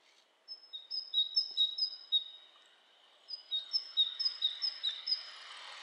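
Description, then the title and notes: Bird calls: two runs of quick, high chirps separated by a short pause. Two birds interacting; lo-fi recording. "bird dialogs. lo-fi recording of two birds interacting"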